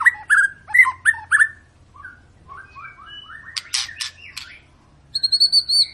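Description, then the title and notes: White-rumped shama song with rich repeated whistled phrases, soft warbling, sharp clicks, and a closing burst of high ringing notes. Long lure song (pancingan) of an energetically singing (gacor) shama, used to prompt other birds to sing. "Pancingan Murai Batu Gacor Panjang. muraiku"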